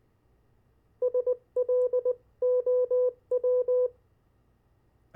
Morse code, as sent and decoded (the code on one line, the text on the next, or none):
... .-.. --- .--
SLOW